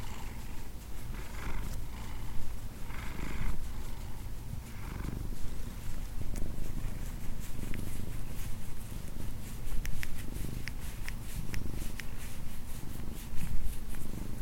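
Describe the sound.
Cat purring, a deep rumble with breath pulses early on, followed by small clicking and tapping sounds.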